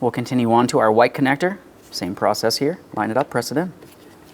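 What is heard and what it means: A man talks as the white electrical connector of a mirror wiring harness on a 2008–2016 Chrysler Town & Country is lined up to be pressed into the door harness connector during a side mirror replacement. Nothing has seated or clicked yet.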